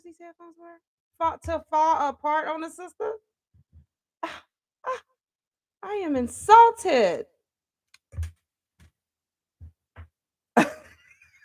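Someone talks while handling a loose piece of broken plastic headphones, working it back toward its place in the headphone frame, with a few short clicks and taps between the words. The clip ends before the part goes home; nothing has seated or clicked into place yet.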